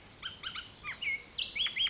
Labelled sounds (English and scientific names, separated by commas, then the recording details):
Bullock's Oriole (Icterus bullockii)
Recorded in Sonoma County, California